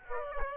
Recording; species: mosquito wingbeat signal from an infrared sensor; Aedes aegypti